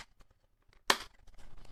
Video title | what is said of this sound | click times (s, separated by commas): Recensione del Portkeys PT5 III Monitor da Campo 5,4" Touchscreen 800 Nits, con 3D LUT Output, Wavef | uh flip your screen around and then these uh snap into place | 0.9 s